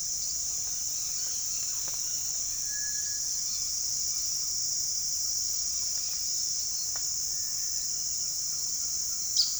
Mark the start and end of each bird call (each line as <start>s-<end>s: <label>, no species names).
2.42s-3.33s: bird call
9.23s-9.59s: bird call